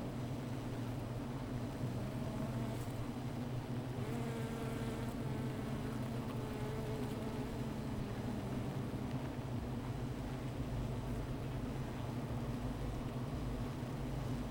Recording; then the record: honeybee colony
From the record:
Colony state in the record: missing queen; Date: 14 July 2017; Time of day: 15:29